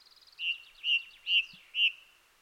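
A blackbird sitting under a bare tree scolds on a clear, sunny, cool day: a quick rattling run of high notes, then four loud, sharp chattering calls at an even, insistent pace, with no voices present.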